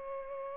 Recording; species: mosquito wingbeat signal from an infrared sensor; Culex pipiens